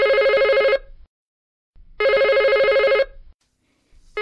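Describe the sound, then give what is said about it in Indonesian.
A home telephone rings in a family room on a sunny afternoon, in loud, buzzy electronic bursts, each about a second long with a pause between, repeating in a steady pattern with a rapid warble inside each ring. “Ketika Nita sedang asyik bermain, telepon rumah berdering.”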